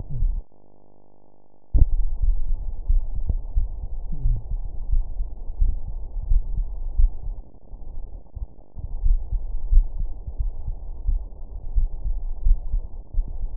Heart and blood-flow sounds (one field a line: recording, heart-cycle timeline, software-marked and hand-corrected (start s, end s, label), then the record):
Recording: heart sounds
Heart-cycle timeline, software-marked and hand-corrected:
0.00	4.24	noise
4.24	4.38	S1
4.38	4.50	systole
4.50	4.60	S2
4.60	4.90	diastole
4.90	5.04	S1
5.04	5.18	systole
5.18	5.28	S2
5.28	5.60	diastole
5.60	5.72	S1
5.72	5.86	systole
5.86	5.96	S2
5.96	6.28	diastole
6.28	6.42	S1
6.42	6.56	systole
6.56	6.66	S2
6.66	6.98	diastole
6.98	7.12	S1
7.12	7.28	systole
7.28	7.38	S2
7.38	9.04	noise
9.04	9.20	S1
9.20	9.32	systole
9.32	9.42	S2
9.42	9.72	diastole
9.72	9.86	S1
9.86	9.98	systole
9.98	10.08	S2
10.08	10.40	diastole
10.40	10.52	S1
10.52	10.66	systole
10.66	10.76	S2
10.76	11.08	diastole
11.08	11.20	S1
11.20	11.34	systole
11.34	11.42	S2
11.42	11.76	diastole
11.76	11.88	S1
11.88	12.04	systole
12.04	12.14	S2
12.14	12.44	diastole
12.44	12.58	S1
12.58	12.72	systole
12.72	12.82	S2
12.82	13.16	diastole
13.16	13.28	S1
13.28	13.42	systole
13.42	13.50	S2
13.50	13.57	diastole
From the record:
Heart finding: coronary artery disease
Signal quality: good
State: rest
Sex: male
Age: 62 years